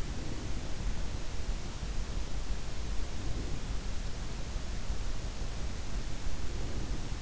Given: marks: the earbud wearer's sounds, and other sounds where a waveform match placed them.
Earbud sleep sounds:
sounds in sleep by an in-ear microphone; breath
0.00-1.15 s: breath
2.97-3.89 s: breath
6.30-7.22 s: breath

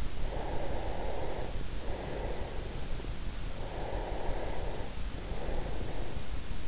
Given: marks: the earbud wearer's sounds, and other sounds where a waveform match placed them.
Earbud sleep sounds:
sounds in sleep by an in-ear microphone; breath
0.12-3.32 s: breath
3.63-6.22 s: breath

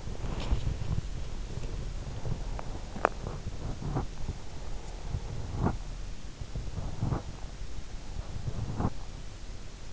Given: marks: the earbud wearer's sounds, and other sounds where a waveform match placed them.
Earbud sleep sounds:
sounds in sleep by an in-ear microphone; body movement, breath
0.00-3.87 s: body movement
4.59-5.97 s: breath

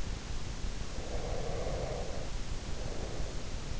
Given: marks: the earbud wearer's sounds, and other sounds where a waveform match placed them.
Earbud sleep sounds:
sounds in sleep by an in-ear microphone; breath
0.46-3.67 s: breath

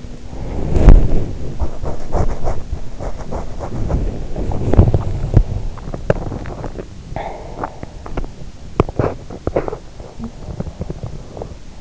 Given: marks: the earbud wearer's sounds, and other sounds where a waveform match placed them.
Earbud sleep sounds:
sounds in sleep by an in-ear microphone; body movement, swallowing, teeth grinding
0.00-6.42 s: body movement
6.58-7.50 s: swallowing
7.55-11.81 s: teeth grinding

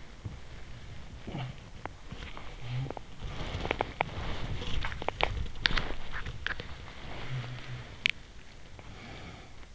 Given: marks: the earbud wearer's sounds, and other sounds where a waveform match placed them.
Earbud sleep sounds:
sounds in sleep by an in-ear microphone; body movement
0.76-9.75 s: body movement

